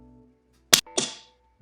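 An unlocked Zepbound autoinjector pen, pressed against the skin and triggered, fires its plunger with a sharp, loud click at 0.7 s, the first click, meaning the medication is going in. A softer, bright burst follows at about 1.0 s and fades out by about 1.3 s, over a faint low hum at the start.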